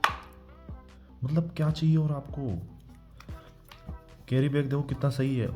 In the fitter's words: कुछ नहीं करना ऊपर लगा के इसको ऐसे कर देना है और यह लॉक हो जाएगा वहां पर यार यह चीज सही है